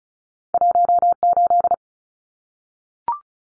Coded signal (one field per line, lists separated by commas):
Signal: Morse code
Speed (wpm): 34 wpm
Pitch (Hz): 700 Hz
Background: none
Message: 18